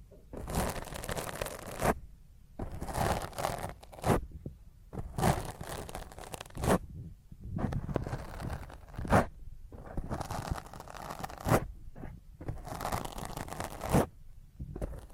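Fingernails scratch roughly across a microphone in dense, gritty bursts of about a second, separated by brief silences, with sharp clicks and thumps throughout.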